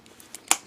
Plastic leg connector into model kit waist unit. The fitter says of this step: it down like that until it snaps in and then put